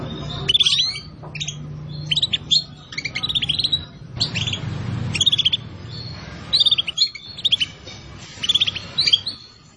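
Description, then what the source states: Atlantic canary song, clipped chirp phrases repeated every second or so, each a quick burst of high notes, with faint humming underneath. Song used as a lure to attract birds.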